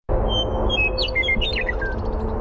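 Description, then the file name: Western meadowlark song: a quick run of clear, flute-like whistled notes slurring down and then bubbling into a gurgling, descending warble, over steady low background hum. Primary song. "WEME-Primary Song"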